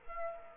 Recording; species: mosquito wingbeat signal from an infrared sensor; Aedes aegypti